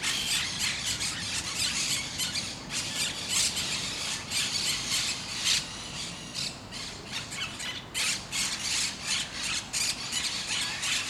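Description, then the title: Parakeets screeching in rapid, overlapping harsh squawks, forming a near-continuous noisy chatter. Several parakeets at Parc de Forest, Saint-Gilles, Belgium; recorded with a Sony PCM-D100 using internal microphones in the wide position. "Parc de Forest, 1060 Saint-Gilles, Belgique - Parakeets - Perruches"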